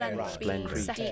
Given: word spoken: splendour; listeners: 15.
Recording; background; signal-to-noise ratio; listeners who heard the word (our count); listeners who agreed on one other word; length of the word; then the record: one English word in noise, from a listening test; four-talker babble; -0.7 dB; 0 of 15; 10 of 15; 0.72 s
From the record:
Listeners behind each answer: 10, 1, 1, 1, 1, 1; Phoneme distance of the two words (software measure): 20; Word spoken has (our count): 2 syllables, 8 phonemes, stress on syllable 1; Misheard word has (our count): 2 syllables, 8 phonemes, stress on syllable 1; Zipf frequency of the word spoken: 3.36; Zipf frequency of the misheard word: 4.05